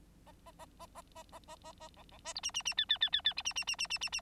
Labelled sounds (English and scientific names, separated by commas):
Bengalese Finch (Lonchura striata domestica) song